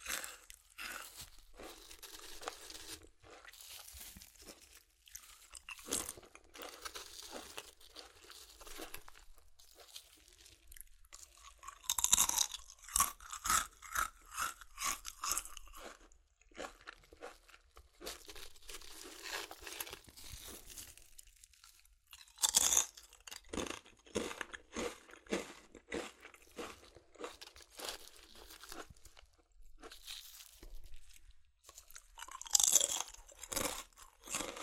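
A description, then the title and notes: Chips are crushed and eaten, a dense run of sharp, bright crunches and crackles with short pauses between bursts. Louder crushing bursts come around 12, 23 and 33 seconds, with softer chewing and crinkling in between. ASMR Satisfying Chips Crunchy Crushing & Eating Sounds (No Talking).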